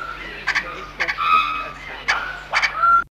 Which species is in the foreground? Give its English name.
Lettered Aracari